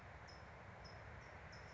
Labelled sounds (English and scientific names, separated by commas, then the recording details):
California Towhee (Melozone crissalis)
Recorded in Sonoma County, California